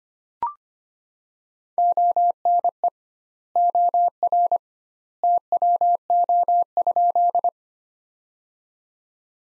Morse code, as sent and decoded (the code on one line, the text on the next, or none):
--- -. . / --- .-. / - .-- --- ..--..
ONE OR TWO?